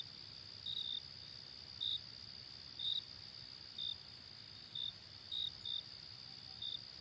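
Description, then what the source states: Crickets: high, even trilling backdrop with brief sharp chirps at slightly uneven intervals, some paired closely together. Night ambience.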